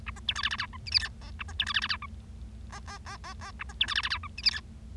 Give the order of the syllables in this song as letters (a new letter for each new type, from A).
A B C D E E F G H I J K A B C D E E F G K K K K K A B C D E E F H I J